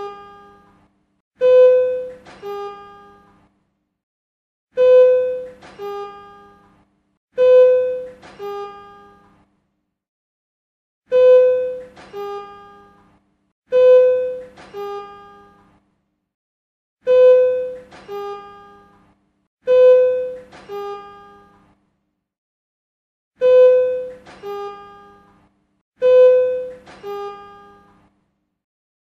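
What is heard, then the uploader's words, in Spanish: An elevator chime sounds over and over, a bright two-note ding-dong that rings out and fades within about two seconds. Nine chimes arrive over the half minute, spaced a few seconds apart, with near silence between them and a faint low hum under each. Sonido de ascensor.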